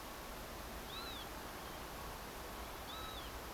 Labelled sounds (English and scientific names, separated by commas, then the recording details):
Northern Lapwing (Vanellus vanellus)
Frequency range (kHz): Northern Lapwing (Vanellus vanellus) 1.2-5.3 kHz
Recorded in France